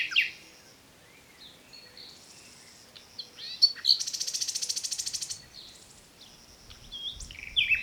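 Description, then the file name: Common nightingale song with scattered high whistles and a long, fast, dry rattling trill in the middle. "Luscinia megarhynchos"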